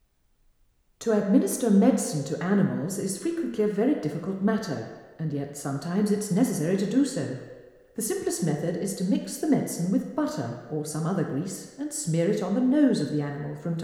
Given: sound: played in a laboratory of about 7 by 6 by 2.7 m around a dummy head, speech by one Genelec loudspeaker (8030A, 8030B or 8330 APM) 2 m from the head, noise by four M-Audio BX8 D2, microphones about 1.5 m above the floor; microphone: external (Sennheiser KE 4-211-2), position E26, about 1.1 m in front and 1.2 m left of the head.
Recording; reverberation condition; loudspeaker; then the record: female speech in English; high; 60 degrees to the left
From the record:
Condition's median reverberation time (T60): about 1300 ms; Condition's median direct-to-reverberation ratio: about -4.0 dB